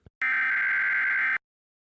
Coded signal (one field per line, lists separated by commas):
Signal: Emergency Alert System (SAME) tones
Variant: header bursts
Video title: European SCARED In Reaction To: Emergency Alert Systems (EAS) are Scary 🚨❗️🆘